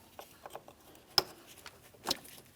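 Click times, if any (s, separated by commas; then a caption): 1.2 s. An electrical connector is pressed into the mass airflow sensor on a 2007-2014 Ford Edge 3.5L until it gives a sharp click at 1.2 s, and then the secondary locking tab is engaged. Faint taps surround it, and another clack comes at 2.1 s. The connector is seated and locked in.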